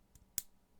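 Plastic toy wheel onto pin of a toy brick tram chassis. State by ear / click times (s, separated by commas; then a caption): seated / 0.4 s. A plastic toy-brick wheel is pushed onto a big pin on a toy brick tram chassis. A faint tick comes at 0.2 s, then the wheel snaps home with a sharp, bright click at 0.4 s and is seated.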